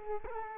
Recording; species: mosquito wingbeat signal from an infrared sensor; Culex quinquefasciatus